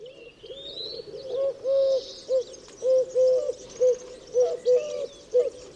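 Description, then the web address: Bird uttering a series of low, steady hooting coos, some notes drawn out, others short, with faint chirping from other birds behind. "Deverinetal 2025 File origin Bird Only"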